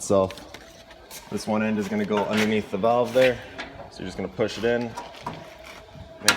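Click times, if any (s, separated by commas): 6.3 s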